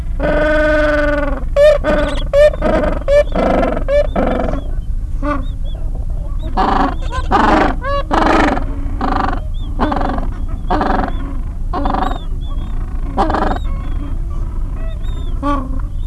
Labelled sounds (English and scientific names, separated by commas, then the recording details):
Gentoo Penguin (Pygoscelis papua)
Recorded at the colony at Neko Harbor, Antarctica, on 26 January 2015
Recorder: Song Meter SM2+